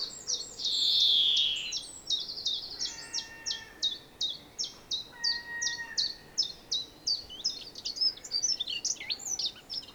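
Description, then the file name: European greenfinch giving a drawn-out buzzy wheeze, then a long series of clipped metallic chirps, quickening and jumbling toward the close, with a few thin whistles midway. "Chloris chloris"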